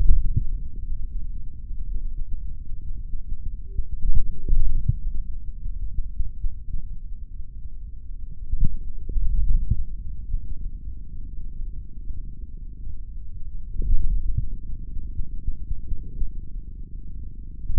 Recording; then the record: forearm muscle sounds (acoustic myography)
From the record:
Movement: index flexion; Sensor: system 3, bracelet of six PUI Audio POM-2738L microphones around the upper forearm, with dedicated amplification and filtering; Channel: 6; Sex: male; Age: 26 years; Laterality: right